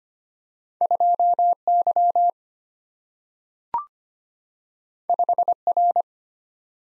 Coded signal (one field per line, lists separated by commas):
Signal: Morse code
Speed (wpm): 25 wpm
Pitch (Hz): 700 Hz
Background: none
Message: 2 Y 5 R